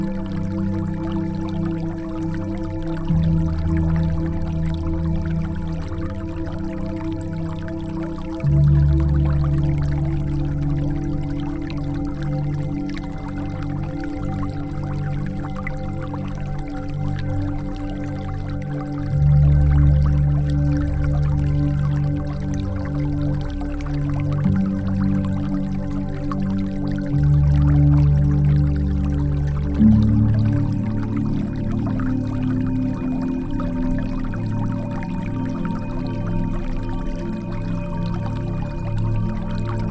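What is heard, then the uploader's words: Water flows steadily with a deep, rumbling low tone that swells and shifts every few seconds, overlaid by faint thin hiss. Nature sound - Water flow sound.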